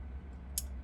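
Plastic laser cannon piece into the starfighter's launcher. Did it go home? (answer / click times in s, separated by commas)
yes / 0.6 s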